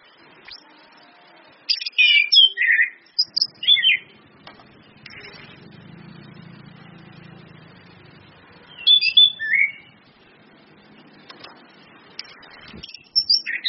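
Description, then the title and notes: Orange-headed thrush song in short bursts of bright whistled notes with long pauses between, over a faint low hum. Indonesian training lure ('pancingan') of clear 'ngeplong' song with female whistles ('suitan betina'), meant to make birds sing eagerly ('gacor'). "PANCINGAN anis kembang ngeplong dan SUITAN BETINA. Masteran Anis Kembang"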